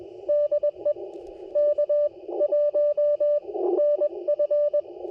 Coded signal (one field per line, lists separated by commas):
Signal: Morse code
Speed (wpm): 22 wpm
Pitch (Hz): 590 Hz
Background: radio noise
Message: DE K1NF